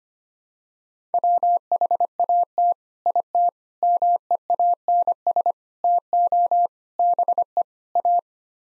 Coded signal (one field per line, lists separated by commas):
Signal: Morse code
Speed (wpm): 25 wpm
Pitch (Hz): 700 Hz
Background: none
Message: WHAT IT MEANS TO BE A